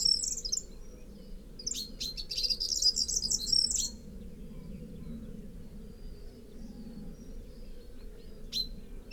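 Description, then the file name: Common chaffinch calling: high, dense trilled chirps in a brief burst at the start and a longer one from two to four seconds, then a lone chirp near the end, over steady low rumble. "Fringilla coelebs"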